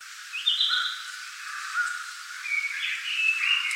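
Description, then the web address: Narcissus flycatcher singing clear whistled notes, a high sustained tone followed by lower drawn-out whistles and a slightly wavering phrase. "birdenaga kibitaki"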